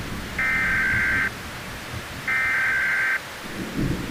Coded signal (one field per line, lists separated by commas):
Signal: Emergency Alert System (SAME) tones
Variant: header bursts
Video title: EAS Scenario 7: Merge Threat